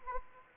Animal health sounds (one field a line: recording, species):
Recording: mosquito wingbeat signal from an infrared sensor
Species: Anopheles arabiensis